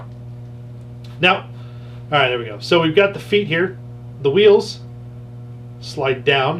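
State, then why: Not seated. Someone talks over a steady mains hum while handling a Hasbro Toys R Us exclusive Transformers Masterpiece Bumblebee toy, sliding the wheels down as it changes to vehicle mode. A plastic rear panel behind the legs is about to be clipped back into the transforming toy leg, but nothing has seated or clicked yet.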